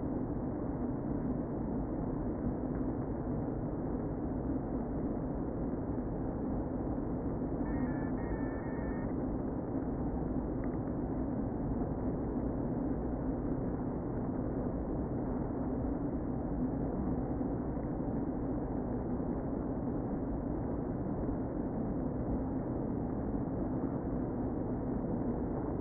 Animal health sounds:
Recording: honeybee colony, microphone inside the hive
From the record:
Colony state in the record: queen present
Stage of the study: before two queens were removed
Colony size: about 60,000 bees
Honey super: yes

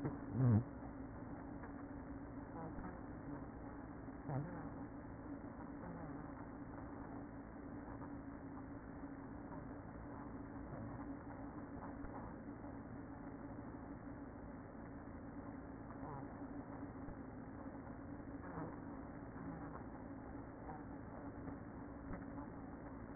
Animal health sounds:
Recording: honeybee colony, microphone inside the hive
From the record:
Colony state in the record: queen present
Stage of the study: after two queens were removed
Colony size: about 60,000 bees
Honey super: yes

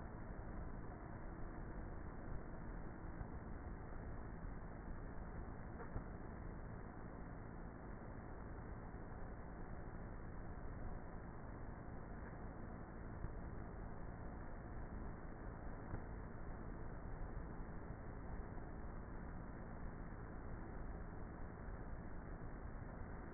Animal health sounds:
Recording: honeybee colony, microphone inside the hive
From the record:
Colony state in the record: queenless with a low population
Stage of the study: before two queens were removed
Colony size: about 30,000 bees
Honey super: no

